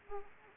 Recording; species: mosquito wingbeat signal from an infrared sensor; Anopheles arabiensis